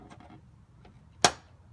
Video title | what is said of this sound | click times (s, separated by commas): Rebuilding Wrecked Dodge Ram 1500, Part 22. 2019 Laramie. Painting an extremely complicated bumper. | a little satisfying click | 1.2 s